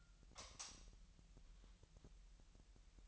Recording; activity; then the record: daily activity, microphone in the room; light off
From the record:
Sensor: 3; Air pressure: 1001.9 hPa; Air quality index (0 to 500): 244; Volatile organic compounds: 45 ppm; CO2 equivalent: 3234 ppm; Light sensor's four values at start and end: 11/30/12/12 and 6/13/5/6